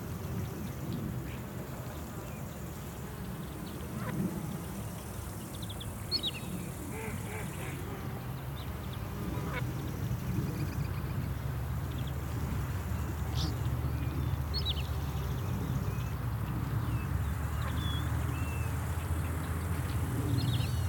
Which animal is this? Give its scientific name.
Tringa glareola